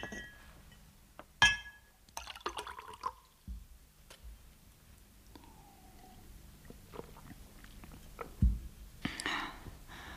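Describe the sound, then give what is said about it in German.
Glasses clink a few times in sharp, bright taps, followed by a short trickle of whisky, served without water or ice, being poured, with quiet handling noises and soft rustling in between. “Ich habe Whisky. Allerdings ohne Wasser und Eis.”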